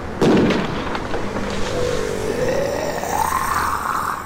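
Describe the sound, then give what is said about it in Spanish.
A sharp, loud gunshot from soldiers firing cracks at the start, followed by a rough, rumbling wash of noise and a rising, wavering tone. No one speaks. “Félix avanzó hacia el origen de los disparos, divisando a muchos militares atacando a una persona.”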